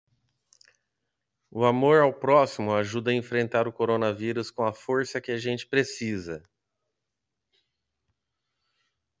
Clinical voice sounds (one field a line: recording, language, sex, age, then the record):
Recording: spoken sentence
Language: Brazilian Portuguese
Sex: male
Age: 50 to 59 years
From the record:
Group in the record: control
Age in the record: 50 years